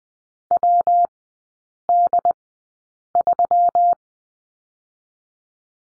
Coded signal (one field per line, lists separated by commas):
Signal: Morse code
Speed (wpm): 20 wpm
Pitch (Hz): 700 Hz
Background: none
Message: WD3